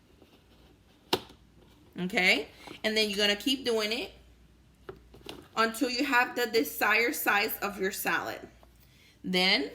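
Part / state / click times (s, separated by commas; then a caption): plastic lid on a salad cutting bowl / seated / 1.1 s. The plastic lid on a kitchen salad-cutting bowl is turned into position and clicks into place with a sharp, short click at 1.1 s. Someone then talks for most of the remaining clip, with a few faint brief ticks around 4.9 to 5.3 s.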